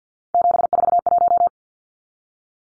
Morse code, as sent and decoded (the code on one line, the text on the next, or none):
--... ....- .----
741